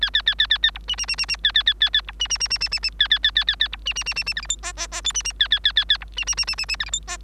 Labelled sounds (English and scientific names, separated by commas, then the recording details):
Bengalese Finch (Lonchura striata domestica) song
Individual Bird3